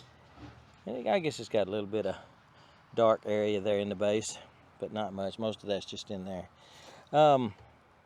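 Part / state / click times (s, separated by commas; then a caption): removable insert into the base of a poultry waterer/feeder / not seated / none. A removable insert is handled at the base of a chicken waterer or feeder that is being cleaned with bleach, while someone talks throughout. The part has been taken out of the base and is about to be pushed back in, but nothing has seated or clicked yet.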